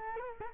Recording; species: mosquito wingbeat signal from an infrared sensor; Culex quinquefasciatus